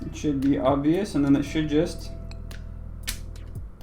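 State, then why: Seated. Someone talks over background music while a notched memory module, likely a RAM stick, has its notch lined up with the key in its slot on a computer board and is pushed down. It clicks into place at 3.1 s, followed by a few faint ticks, and the module is seated.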